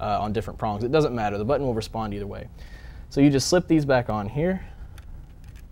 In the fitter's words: and you want to make sure they really get in there you'll hear them snap in most cases